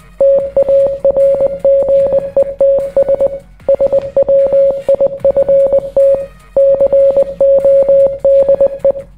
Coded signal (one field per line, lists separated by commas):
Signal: Morse code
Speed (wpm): 20 wpm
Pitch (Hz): 550 Hz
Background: none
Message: TARGETS SWIFT CODE